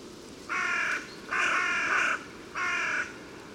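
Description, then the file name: Carrion crow giving three harsh, raspy caws, the middle one longest and drawn out, with short pauses between them against quiet background hiss. "Corvus corone"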